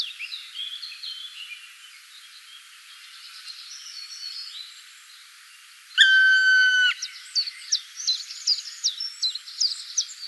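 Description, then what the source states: Black woodpecker call: a single sustained, ringing whistled note about a second long, after quieter background twittering and before a burst of high chirps from other birds. Recorded on 4 July 2013.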